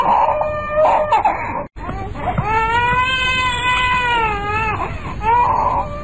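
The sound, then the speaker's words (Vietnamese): A small child in a house on the street suddenly bursts into loud, wailing crying after a fall, with long strained cries that rise and fall in pitch, broken by a short gasp before the sobbing resumes. “Hai đứa nói chuyện tới đó, bỗng nghe trong căn phố cập rằng hơn, có tiếng con nít nhỏ khóc té lên.”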